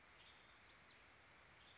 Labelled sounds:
Western Tanager (Piranga ludoviciana)
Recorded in Sonoma County, California

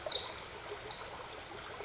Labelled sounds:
Pacific Wren (Troglodytes pacificus)
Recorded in Sonoma County, California

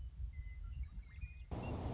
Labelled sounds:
Western Meadowlark (Sturnella neglecta)
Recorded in Sonoma County, California

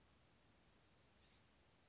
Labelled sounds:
Western Flycatcher (Empidonax difficilis)
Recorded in Sonoma County, California

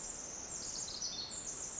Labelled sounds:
Pacific Wren (Troglodytes pacificus)
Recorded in Sonoma County, California

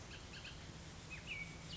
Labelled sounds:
Bullock's Oriole (Icterus bullockii)
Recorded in Sonoma County, California

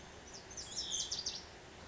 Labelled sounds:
Lazuli Bunting (Passerina amoena)
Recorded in Sonoma County, California

